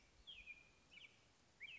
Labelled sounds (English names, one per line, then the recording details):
American Robin
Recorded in Sonoma County, California